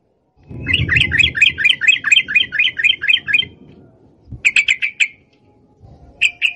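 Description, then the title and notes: Yellow-vented bulbul delivering a steady rapid string of bright chirps, then a brief burst of similar notes over low background rumble. Training recording (masteran) of the long rapid song style called ropel panjang. "Masteran Trucukan Ropel Panjang. Kicau Burung Trucukan"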